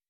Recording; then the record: hydrophone in a shrimp aquaculture tank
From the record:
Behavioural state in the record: weakened